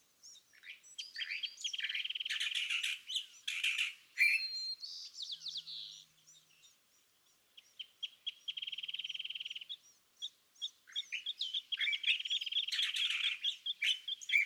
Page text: Song, excerpted from a longer dawn session on day 1. listen for the repeated theme of notes that the thrasher has chosen to use this morning. March 9, 2017. Montaña de Oro State Park, Los Osos, California